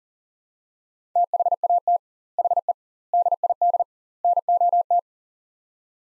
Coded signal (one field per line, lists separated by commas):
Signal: Morse code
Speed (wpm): 40 wpm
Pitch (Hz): 700 Hz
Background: none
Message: THAT HE DID NOT